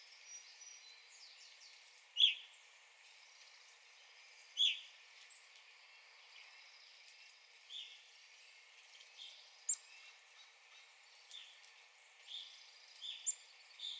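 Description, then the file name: Evening grosbeak giving scattered sharp, clear call notes, a few loud and others fainter, irregularly spaced, with quiet ticks and chirps. Recorded 9 April 2021. "2021-04-09 Evening Grosbeak"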